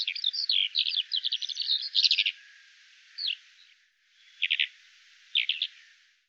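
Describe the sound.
Bird chirps in quick, scratchy bursts for about two seconds, then several short, sharp notes with brief pauses, all high-pitched.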